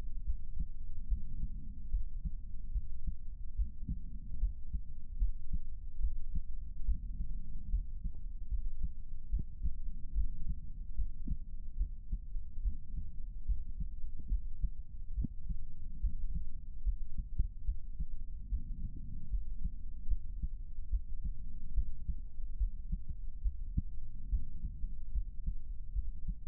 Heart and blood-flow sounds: heart sounds by stethoscope; pulmonary valve (PV); 72 bpm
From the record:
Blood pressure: 129/87 mmHg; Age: 51 years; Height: 175 cm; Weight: 79 kg

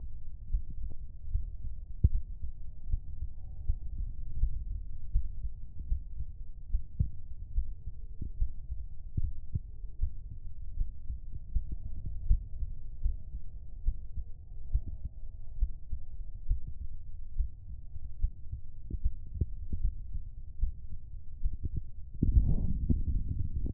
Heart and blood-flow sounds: heart sounds by stethoscope; pulmonary valve (PV); 72 bpm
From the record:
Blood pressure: 130/87 mmHg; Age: 61 years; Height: 181 cm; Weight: 91 kg

